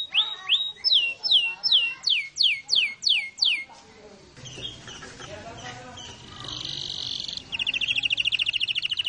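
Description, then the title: Canary song: repeated falling whistled notes about three per second, a brief muddled passage, then a flat buzzy phrase and a fast rolling trill at the end. Canary long rolling song used as a master recording for training birds. "Master Burung Jos"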